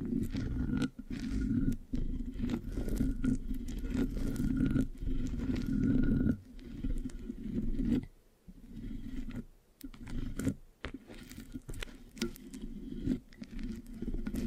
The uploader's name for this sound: Mic Scratching, Sticky, Brain Massage Triggers